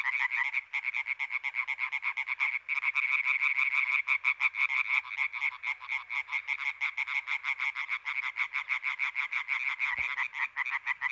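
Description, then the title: European tree frogs producing a loud, continuous chorus of quick, harsh, repeated croaks from several overlapping frogs, with one brief low thump. Recorded 21 May 1993 at the Marguilliers pond in Sologne, France, an hour after nightfall, during intense calling activity of many tree frogs. "Choeur de rainettes en Sologne"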